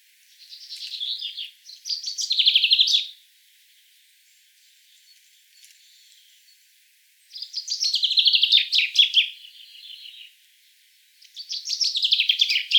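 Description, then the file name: Common chaffinch singing several rapid, jangling trilled phrases that drop in pitch, with pauses between them and a faint softer note in one gap. "Fringilla coelebs"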